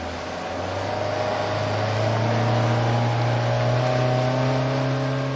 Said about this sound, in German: fährt mit seinem Motorboot hinaus zu den Netzkäfigen.